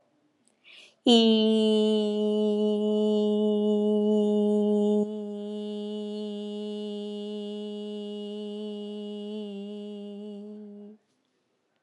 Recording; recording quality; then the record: sustained vowel as in beet; excellent, no background noise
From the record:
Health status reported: healthy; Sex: female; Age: 45 years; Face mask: not worn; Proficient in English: yes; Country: India